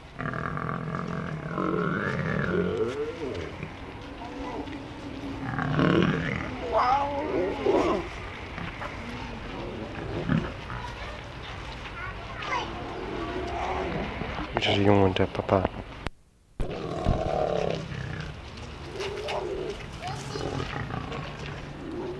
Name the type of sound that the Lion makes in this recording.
call